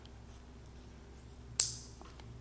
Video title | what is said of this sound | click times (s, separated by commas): Imilab W13 Smartwatch - I Can't Believe its Only $70! | it just snaps into place. | 1.6 s